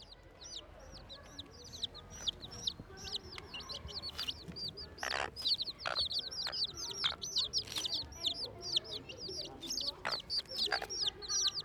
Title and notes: Saint-Gilles, Belgique - Poussins et oie - Chicks and goose. des poussins viennent de naître, et une oie souffle